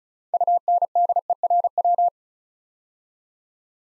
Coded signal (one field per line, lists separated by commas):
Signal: Morse code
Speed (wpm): 35 wpm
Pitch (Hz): 700 Hz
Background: none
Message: UNDERW